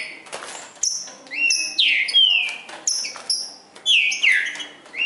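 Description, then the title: Green-winged saltator song: strong whistled phrases with swooping down-slurs, repeated after short gaps. Bird named Nicão singing in the forest, in a song contest with a free-living wild saltator. "Trinca Ferro NICÃ O No Mato Disputando Com Solto"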